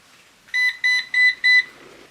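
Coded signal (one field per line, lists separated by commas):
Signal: beep code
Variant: Eufy RoboVac 11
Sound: four short high electronic beeps in quick even succession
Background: small room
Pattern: 4 short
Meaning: Four beeps indicate the rolling brush is stuck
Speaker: the steady red light before beeps. Oh.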